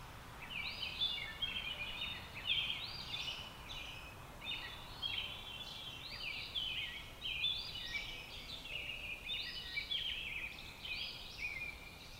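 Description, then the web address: Robin singing short, high, jumbled warbling phrases in steady succession, each of quick rising and falling notes. "Sounds of Nature Robins"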